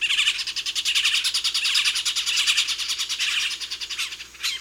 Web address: Natures Songs S America Eastern Lowlands. Melanerpes cruentatus, group calls